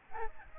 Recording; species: mosquito wingbeat signal from an infrared sensor; Aedes albopictus